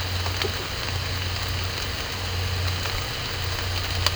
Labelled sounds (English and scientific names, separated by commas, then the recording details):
none
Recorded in dense forest near Puerto Asís, Putumayo, Colombia, on 9 March 2025 at 12:00
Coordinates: 0.468, -76.322
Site GP01